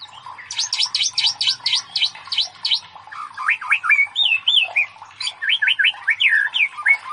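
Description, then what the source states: White-rumped Shama song beginning with a fast series of sharp notes that dip and rise, then varied wavering whistles and quick upsweeps. Masteran (training recording for cage birds) of murai batu, labaik style of song.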